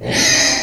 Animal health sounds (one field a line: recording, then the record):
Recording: squeal of a Yucatan mini pig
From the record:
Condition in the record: before surgery on the right vocal fold (resection and tissue-engineered implant)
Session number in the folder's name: 2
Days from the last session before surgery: 0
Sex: male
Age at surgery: 12 weeks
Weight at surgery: 13 kg